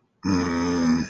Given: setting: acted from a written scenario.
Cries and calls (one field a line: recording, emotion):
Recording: vocal sound without words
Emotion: contempt